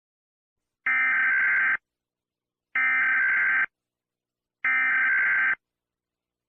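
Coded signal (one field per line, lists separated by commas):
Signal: Emergency Alert System (SAME) tones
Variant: header bursts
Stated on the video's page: Fictional EAS tones from a staged volcanic eruption scenario, not a real alert.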